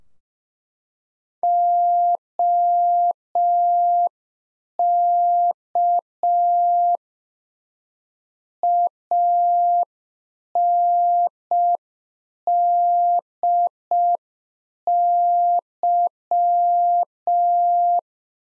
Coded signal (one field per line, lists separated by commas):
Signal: Morse code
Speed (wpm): 5 wpm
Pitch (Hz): 700 Hz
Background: none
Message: OK ANDY